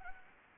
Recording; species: mosquito wingbeat signal from an infrared sensor; Anopheles arabiensis